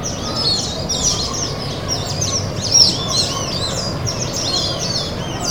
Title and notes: Colious (complètement) barrés. flock of Bar-breasted Mousebirds in the leaves of a betel nut palm. Nkolmbong-Nord neighborhood, Émana, Yaoundé 1, Cameroon. December 19, 2025, 4:52 p.m